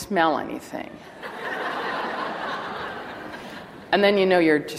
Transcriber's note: laughter